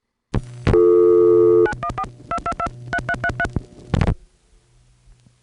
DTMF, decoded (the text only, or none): 9142223333